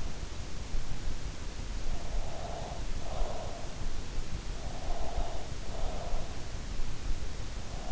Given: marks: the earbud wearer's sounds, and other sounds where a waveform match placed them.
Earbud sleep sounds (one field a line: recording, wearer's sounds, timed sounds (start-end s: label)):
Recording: sounds in sleep by an in-ear microphone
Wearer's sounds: breath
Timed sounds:
2.33-3.30 s: breath
4.90-6.05 s: breath